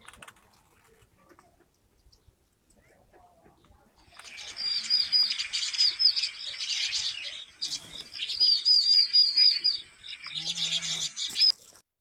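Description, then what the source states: Vinous-throated Parrotbill flock calls, a rapid stream of thin, high chirps and twitters in two bursts, with a few sharper repeated notes standing out. Small flock flying past together at the Summer Palace, Beijing, 27 January 2022, outdoor temperature -7 to 2 °C; call remembered with mnemonic '背信弃义' (ji, ji, ji, ji).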